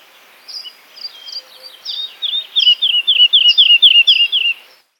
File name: zhavoronok lesnojj